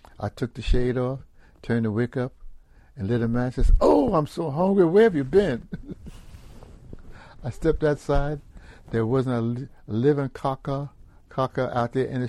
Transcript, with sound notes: I took the shade off, turned the wick up, and lit a match and it said, “Oh, I’m so hungry! Where have you been?” [Laughs] I stepped outside there wasn’t a living ca-ca out there in the street.